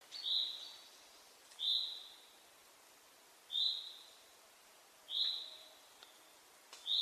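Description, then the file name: Common chaffinch calling: a short, bright, high note repeated several times, each note quickly fading, over a quiet hiss. "Fringilla coelebs"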